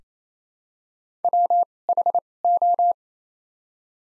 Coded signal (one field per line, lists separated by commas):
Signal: Morse code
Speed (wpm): 28 wpm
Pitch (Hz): 700 Hz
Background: none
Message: W H O